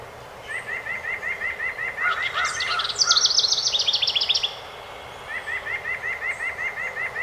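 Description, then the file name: House wren song, a rapid bubbling high trill in the middle, framed by a steady series of repeated mid-pitched chirping notes before and after. Recorded on 12 May 2018. "2018-05-12 HOWR"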